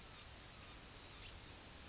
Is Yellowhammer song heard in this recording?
no